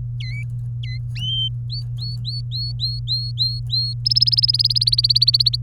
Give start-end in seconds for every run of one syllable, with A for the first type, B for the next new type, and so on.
0.20-0.43 A, 0.83-0.97 A, 1.70-3.94 B, 4.05-5.56 C